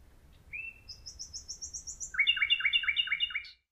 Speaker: I already have the sound that I came here for. In the middle of the night, I satisfied my desire and recorded a lone male nightingale singing in the dark.